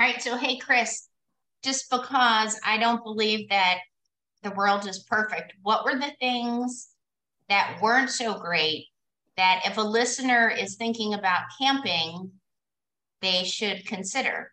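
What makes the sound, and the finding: Adult woman speaking. No disorder.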